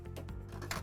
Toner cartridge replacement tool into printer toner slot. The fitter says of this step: it clicks in close the door and head to the control panel